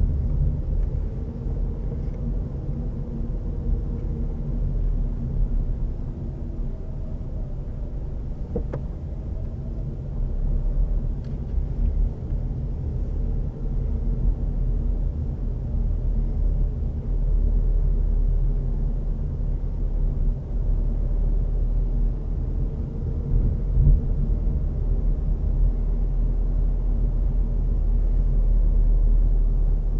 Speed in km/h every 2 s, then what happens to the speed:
20, 22, 20, 13, 15, 19, 21, 20, 19, 18, 20, 21, 20, 20, 19.
4-6 brakes to 13. 6-11 speeds up to 21. 11-30 steady at about 20.